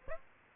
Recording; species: mosquito wingbeat signal from an infrared sensor; Aedes aegypti